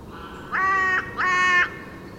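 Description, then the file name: Carrion crow giving two drawn-out, rasping caws in quick succession, each about half a second long, against faint background noise. "Corvus corone"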